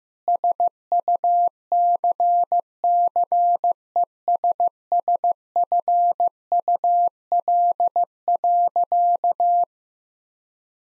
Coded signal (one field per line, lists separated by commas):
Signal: Morse code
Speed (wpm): 15 wpm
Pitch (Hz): 700 Hz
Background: none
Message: SUCCESSFUL.